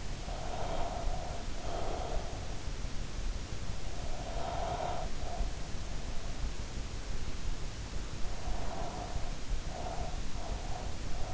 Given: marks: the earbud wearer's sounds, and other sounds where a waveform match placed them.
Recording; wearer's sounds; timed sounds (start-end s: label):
sounds in sleep by an in-ear microphone; breath
0.00-2.28 s: breath
3.80-5.75 s: breath
8.10-11.34 s: breath